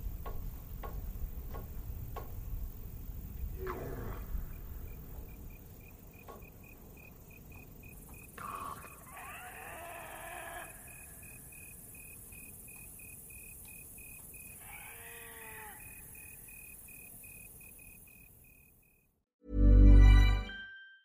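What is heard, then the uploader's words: Eerie village ambience in the dark, with a steady low rumble and a faint insect-like pulse ticking along throughout. Scattered clicks and knocks in the first half, rising chirping calls near 9–10 and 15 seconds, then a sudden loud low thump near the end. Lost in the dark village Asmr ambience.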